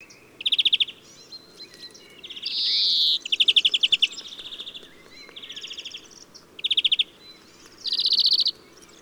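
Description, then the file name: European greenfinch giving short trilled phrases spaced a second or two apart, with two buzzy drawn-out wheezes among them, over a soft steady background noise. "Chloris chloris"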